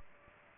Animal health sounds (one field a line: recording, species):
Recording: mosquito wingbeat signal from an infrared sensor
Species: Aedes aegypti